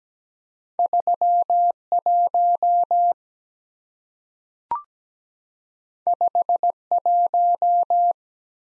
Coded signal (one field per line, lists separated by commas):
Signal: Morse code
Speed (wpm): 17 wpm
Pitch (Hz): 700 Hz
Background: none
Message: 31 51